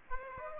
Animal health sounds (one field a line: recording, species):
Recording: mosquito wingbeat signal from an infrared sensor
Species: Aedes aegypti